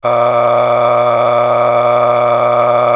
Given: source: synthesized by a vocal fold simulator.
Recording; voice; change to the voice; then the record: sustained vowel; male; a random mix of aspiration noise, stiffness perturbation and strain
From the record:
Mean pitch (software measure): 120 Hz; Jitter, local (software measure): 2.60%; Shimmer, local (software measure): 13.2%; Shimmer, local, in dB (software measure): 1.17 dB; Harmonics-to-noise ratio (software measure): 8.6 dB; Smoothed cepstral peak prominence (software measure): 11.2 dB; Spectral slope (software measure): -15.5 dB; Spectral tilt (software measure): -9.4 dB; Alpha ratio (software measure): -5.9 dB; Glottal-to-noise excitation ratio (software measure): 0.843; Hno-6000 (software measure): 1.9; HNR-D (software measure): 23.1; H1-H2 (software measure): 3.1 dB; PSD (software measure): 1.9e-04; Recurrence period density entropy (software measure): 0.127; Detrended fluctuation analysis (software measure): 0.0381